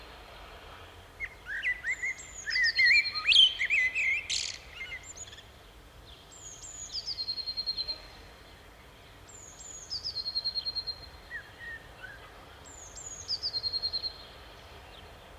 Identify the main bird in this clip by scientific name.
Turdus merula